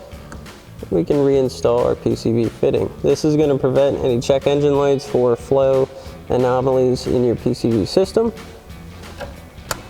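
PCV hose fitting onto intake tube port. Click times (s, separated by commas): 9.7 s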